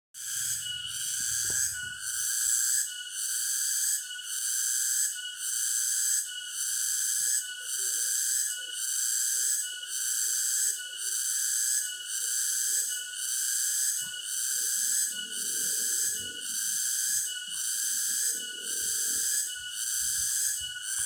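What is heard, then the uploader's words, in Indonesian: Dusk in the middle of a forest, filled by a loud, high, shrill insect chorus that pulses in a steady rhythm, roughly once every second or so, without letup. Faint low rumbles and soft murmurs sit underneath, most noticeable near the end. Suara senja ditengah hutan.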